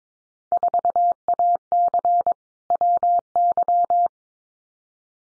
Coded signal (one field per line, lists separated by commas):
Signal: Morse code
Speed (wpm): 22 wpm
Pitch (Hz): 700 Hz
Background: none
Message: 4AC WY